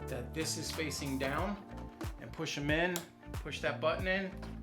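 Handlebars are being pushed into a Nerf scooter's steering stem, with the spring push-button facing down toward the hole underneath, while someone talks over background music. Nothing has seated or clicked yet; the button has not snapped through the hole.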